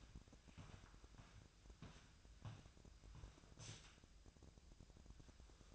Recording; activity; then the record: daily activity, microphone in the room; walk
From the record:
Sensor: 2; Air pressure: 1012.0 hPa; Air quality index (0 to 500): 174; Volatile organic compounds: 2 ppm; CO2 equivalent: 1274 ppm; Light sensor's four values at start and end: 39/101/44/48 and 39/100/44/48